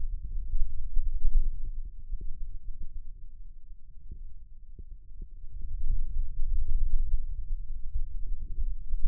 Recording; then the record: forearm muscle sounds (acoustic myography)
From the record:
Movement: radial deviation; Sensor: system 2, bracelet of six BSWA MPA416 microphones around the upper forearm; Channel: 1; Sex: male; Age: 22 years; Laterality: right